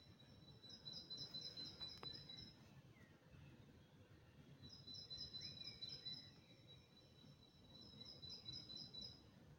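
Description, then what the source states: Birdsong at dawn, with bursts of rapid, high-pitched chirps that come and go every few seconds over a constant low hum of environmental noise. Dawn chorus recorded in 2024.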